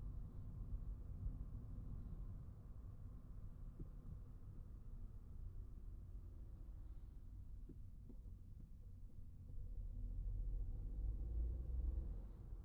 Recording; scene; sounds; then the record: everyday scene through a hearing-aid microphone; in a vehicle; engine, traffic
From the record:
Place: Skoda Fabia, gasoline engine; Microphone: behind the ear, right, rear